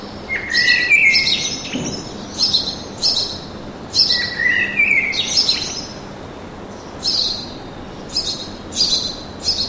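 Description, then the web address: Birds giving quick high chirps and trills in clusters, with a couple of longer sliding phrases, over a soft hum. Birds singing in a park with an urban atmosphere. "sonido de la atmosfera urbana con pajaros cantando en el parque"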